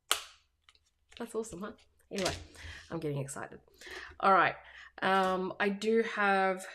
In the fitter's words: see that snap isn't that satisfying how cool is that